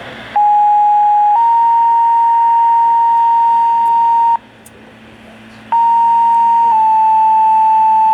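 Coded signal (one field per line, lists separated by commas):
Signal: two-tone page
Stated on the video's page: Pager test tones received on a Uniden BC75XLT scanner; the tones have been altered to prevent malicious use.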